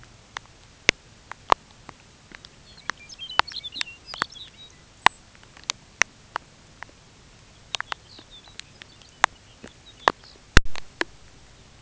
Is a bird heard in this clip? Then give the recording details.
yes. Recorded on Arctic tundra, site UTQI-5, on 13 June 2019. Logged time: 16:00